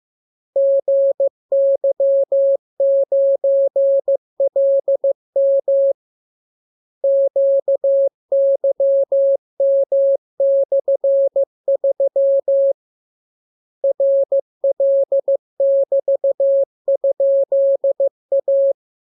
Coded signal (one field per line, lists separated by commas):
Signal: Morse code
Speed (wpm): 15 wpm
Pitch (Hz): 550 Hz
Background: none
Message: GY9LM QYM/3 RL<BT>?A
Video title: Learning Morse Code. Lesson 32. Letter KMURESNAPTLWI.JZ=FOY,VG5/Q92H38B?